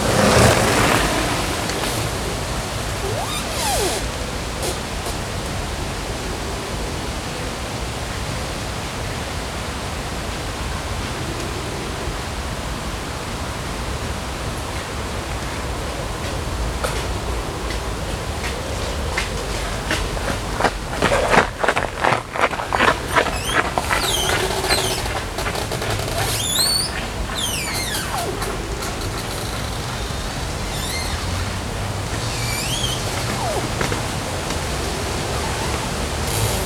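Along the river in Odense, a steady dense hiss of wind and moving water fills the whole recording. From about 21 to 23 seconds a burst of rapid rhythmic taps passes, like footsteps of runners. Thin high squeaks of branches appear intermittently, mostly after 24 seconds.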